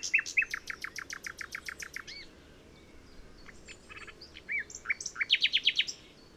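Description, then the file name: Common nightingale singing a fast series of repeated clicking notes, followed by mixed whistles, rising slurs and a quick repeated phrase at the end. "Luscinia megarhynchos"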